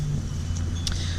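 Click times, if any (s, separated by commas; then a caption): 0.6 s, 0.9 s. A plastic front bumper trim piece on a 10th-gen Civic is pressed down by hand, one hand on the back and one on the top, while installing a Type R style front lip. Its plastic clips snap into the bumper mounts with sharp clicks at 0.6, 0.9 and 0.9 seconds over a steady low hum. The trim is seated.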